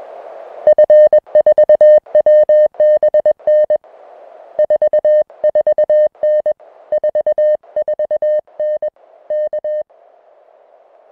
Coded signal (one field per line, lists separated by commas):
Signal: Morse code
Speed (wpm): 21 wpm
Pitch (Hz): 610 Hz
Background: music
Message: F4WBN 44N 44N K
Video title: Oat Mountain QSO Audio